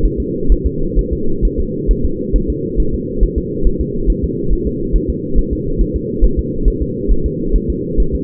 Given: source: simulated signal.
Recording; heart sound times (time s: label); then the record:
fetal heart sounds
0.05 s: S1
0.20 s: S2
0.52 s: S1
0.66 s: S2
0.99 s: S1
1.13 s: S2
1.45 s: S1
1.60 s: S2
1.91 s: S1
2.05 s: S2
2.36 s: S1
2.50 s: S2
2.80 s: S1
2.94 s: S2
3.23 s: S1
3.38 s: S2
3.67 s: S1
3.81 s: S2
4.10 s: S1
4.24 s: S2
4.53 s: S1
4.67 s: S2
4.96 s: S1
5.10 s: S2
5.38 s: S1
5.53 s: S2
5.81 s: S1
5.96 s: S2
6.24 s: S1
6.39 s: S2
6.68 s: S1
6.82 s: S2
7.11 s: S1
7.26 s: S2
7.56 s: S1
7.70 s: S2
8.00 s: S1
8.15 s: S2
From the record:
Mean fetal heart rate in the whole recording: 135 bpm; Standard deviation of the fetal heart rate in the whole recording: 3 bpm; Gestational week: 36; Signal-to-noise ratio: -8.1 dB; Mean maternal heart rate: 72 bpm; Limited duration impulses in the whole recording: absent